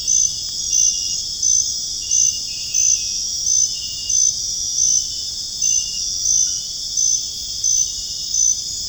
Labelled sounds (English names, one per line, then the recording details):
none
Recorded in dense forest near Puerto Asís, Putumayo, Colombia, on 22 June 2025 at 21:30
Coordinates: 0.481, -76.323
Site G072